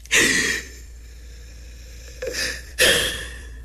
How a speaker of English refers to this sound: Just breathe. Take a deep breath